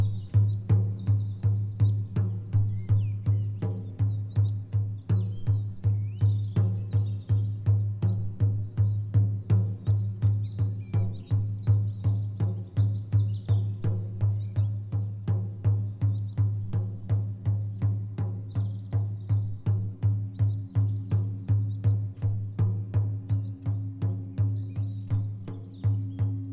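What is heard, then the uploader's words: Shamanic drumming beats at a fast, steady pulse, roughly three strokes a second, each hit deep and booming with little variation across the clip. Faint birdsong chirps and twitters above the drum throughout, in scattered bursts. All nature sounds are what I have recorded here in Bradgate Park. Shamanic drumming.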